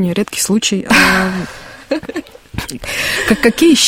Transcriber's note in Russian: Смеется